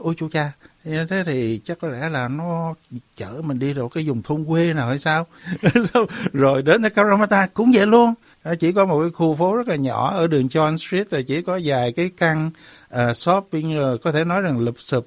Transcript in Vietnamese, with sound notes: "Ôi Chu cha, thế thì chắc có lẽ là nó chở mình đi vào cái vùng thôn quê nào hay sao?" [cười] Rồi đến Cabramatta cũng vậy luôn. Chỉ có một khu phố rất là nhỏ ở đường John Street và chỉ có vài cái căn shop có thể nói rằng lụp xụp.